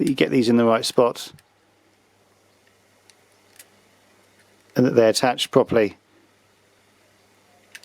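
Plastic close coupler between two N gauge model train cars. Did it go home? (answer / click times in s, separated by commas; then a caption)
partly / 7.8 s. Someone talks while two N gauge model train cars of a Hornby Arnold HN2042 ETR610 are pushed together at their plastic close coupler, with faint taps around 3.1 s and 3.6 s during a quiet stretch. Two small clicks come at 7.8 s and 7.8 s at the very end, but the coupler has clicked without coupling, so the cars are still not coupled up.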